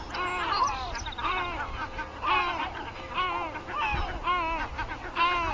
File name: great black backed gull